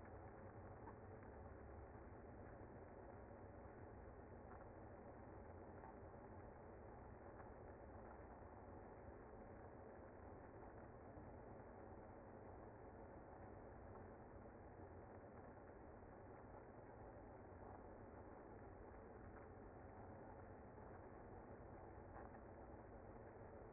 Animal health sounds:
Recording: honeybee colony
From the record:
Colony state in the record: active

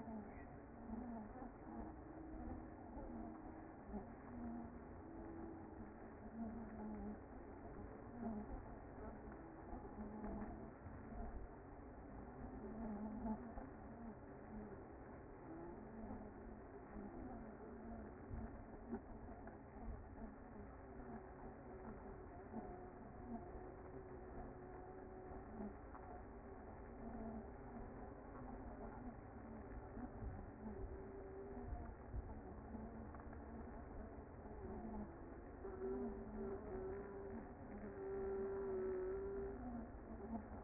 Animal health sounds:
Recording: honeybee colony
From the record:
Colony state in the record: active

